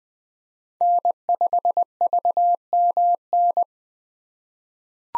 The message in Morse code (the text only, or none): N5VMN